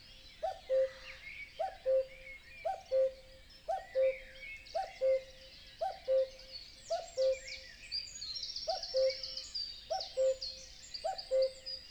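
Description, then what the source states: Common Cuckoo repeating a low two-note cuckoo roughly once a second, with one brief pause midway, while many small birds warble and trill high above. Dawn chorus in a European wetland; stereo binaural recording.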